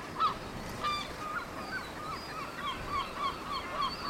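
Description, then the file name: Seabirds calling, short harsh nasal notes repeated rapidly by several birds, overlapping cries forming a steady chorus over a soft background hiss. Seabirds at Cap Fréhel. "oiseaux marins au cap frehel"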